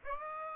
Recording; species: mosquito wingbeat signal from an infrared sensor; Aedes aegypti